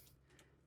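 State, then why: Seated. A plastic terminal swing arm, seated at the bottom on a PLC card, is rocked up against a steady low hum. It clicks in at the top with a short, bright click at 0.4 s, leaving the swing arm seated.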